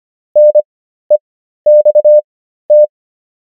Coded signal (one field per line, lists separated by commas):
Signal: Morse code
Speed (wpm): 25 wpm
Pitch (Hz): 600 Hz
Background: none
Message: NEXT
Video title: morse code practice | 25wpm | 13fw | 500 most common words | ENGLISH